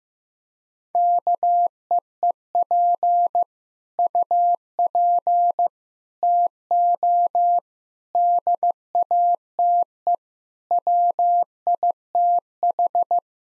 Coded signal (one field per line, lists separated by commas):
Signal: Morse code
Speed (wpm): 15 wpm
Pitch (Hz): 700 Hz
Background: none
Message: KEEP UP TO DATE WITH